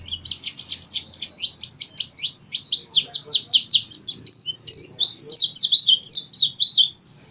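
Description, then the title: White-eye singing a long, fast stream of high, sweeping notes. It starts softly and swells into loud, rhythmic, slurred twitters before stopping abruptly. From East Java (jatim), Indonesia. "Pleci jatim macok kang asep"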